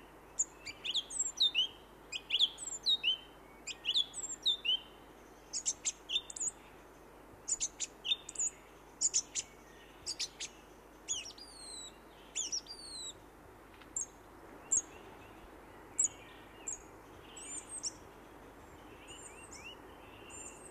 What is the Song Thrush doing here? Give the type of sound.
song